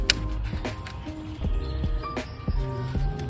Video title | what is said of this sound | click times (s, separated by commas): Project 750li - Part 2: Top End Refresh | Good positive click. | 0.1 s